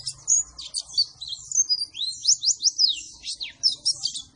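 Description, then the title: White-eye song, dense high warbling with quick rising and falling slurred notes, sustained throughout. Energetic 'gacor' singing after being doped with Metabolis and You C 1000. "Pleci Gacor. Beginilah Hasil Perform Pleci Dengan Doping Metabolis You C 1000"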